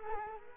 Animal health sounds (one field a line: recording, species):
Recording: mosquito wingbeat signal from an infrared sensor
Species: Culex quinquefasciatus